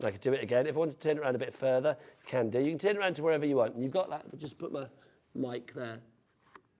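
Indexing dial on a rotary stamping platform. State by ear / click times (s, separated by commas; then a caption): seated / 6.6 s. Someone talks while turning the indexing dial on a rotary stamping platform around, holding it next to the mic. A faint, short click is heard at 6.6 s as the dial clicks into its next position and seats.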